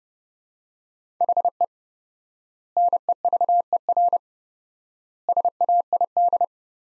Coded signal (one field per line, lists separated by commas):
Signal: Morse code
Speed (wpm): 30 wpm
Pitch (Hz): 700 Hz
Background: none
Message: HE NEVER SAID